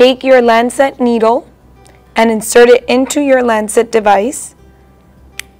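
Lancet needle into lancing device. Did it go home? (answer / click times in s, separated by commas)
yes / 5.4 s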